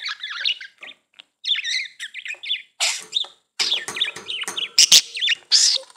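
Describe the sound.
Budgerigar chatter, busy scratchy warbling with twisting squeaky notes, clicks and harsher rasping bursts throughout.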